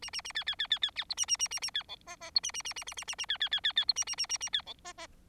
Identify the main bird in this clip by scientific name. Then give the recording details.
Lonchura striata domestica. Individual Bird4